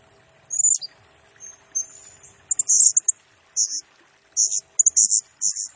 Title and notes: Burung Serindit Nembak Gacor Bikin Emosi Semua Burung. Suara Nasteran Dan Pemikat Burung Serinditan Gacor